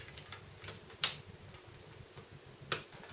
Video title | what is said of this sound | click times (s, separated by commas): [How to] Reassemble a Samsung Galaxy S3 i9300 FIX LCD, speaker, vibrator motor - Video Repair Guide | again this clicks into place | 1.0 s